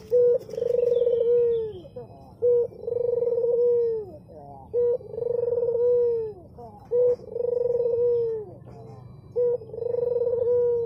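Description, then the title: Barbary dove repeating soft two-part coos, a short clipped note then a long rolling purr, about every two seconds over a low steady background hum. Barbary dove, white form, recorded as a training (masteran) track for songbirds. "Masteran Burung Puter Putih"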